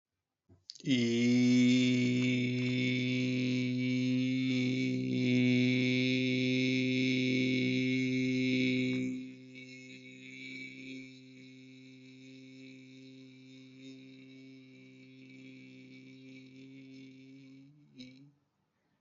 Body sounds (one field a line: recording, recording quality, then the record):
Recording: sustained vowel as in beet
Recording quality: excellent, no background noise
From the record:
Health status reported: exposed to COVID-19, no respiratory illness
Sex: male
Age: 36 years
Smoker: yes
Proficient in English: yes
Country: India